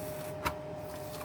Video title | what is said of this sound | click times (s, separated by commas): EKRAN KARTI TERMAL MACUN DEĞİŞİM | gibi kaç yerine oturdu zaten Seslendi | 0.5 s